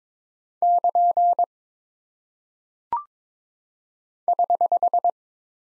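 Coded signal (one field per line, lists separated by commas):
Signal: Morse code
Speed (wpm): 22 wpm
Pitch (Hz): 700 Hz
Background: none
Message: <KN> <HH>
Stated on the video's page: Head-copy practice of single punctuation and prosign characters at 22 wpm, each sent in Morse, then spoken, then sent again.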